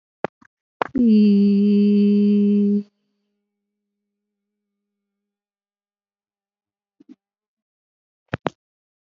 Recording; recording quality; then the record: sustained vowel as in beet; excellent, no background noise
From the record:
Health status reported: healthy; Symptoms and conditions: cough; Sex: female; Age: 47 years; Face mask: not worn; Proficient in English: yes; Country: India